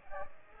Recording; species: mosquito wingbeat signal from an infrared sensor; Aedes aegypti